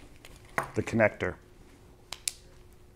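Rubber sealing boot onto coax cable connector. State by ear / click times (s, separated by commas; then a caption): seated / 2.1 s, 2.3 s. Someone talks briefly as a lubricated rubber weatherproof sealing boot is pushed over the back of a crimped coax cable connector on LMR 400 or RG cable. Two short, sharp snaps at 2.1 s and 2.3 s mark the ribs inside the boot snapping over the ribs on the connector, and the boot is seated.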